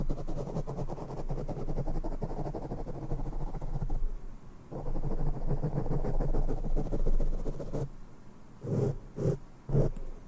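Mic brushing with no talking: a dense, rough rubbing texture, mostly low and muffled, that swells and eases in waves. A short lull comes near the fifth second, and after about eight seconds it breaks into three distinct brushing strokes with brief gaps between them.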